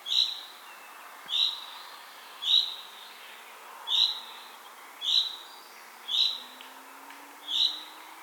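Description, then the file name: Common chaffinch giving a run of short, bright call notes about every second, seven in total, with a faint low drone rising late. "Fringilla coelebs"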